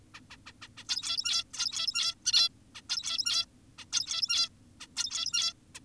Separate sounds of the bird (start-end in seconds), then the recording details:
0.14-0.21, 0.30-0.37, 0.46-0.52, 0.62-0.68, 0.78-0.84, 0.89-1.44, 1.54-2.15, 2.26-2.49, 2.75-2.82, 2.90-3.46, 3.78-3.85, 3.93-4.49, 4.80-4.87, 4.96-5.53, 5.75-5.80. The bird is an adult. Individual g17y2U